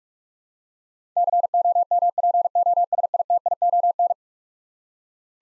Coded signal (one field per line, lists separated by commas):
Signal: Morse code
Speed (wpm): 46 wpm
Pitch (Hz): 700 Hz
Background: none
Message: COMPOSITION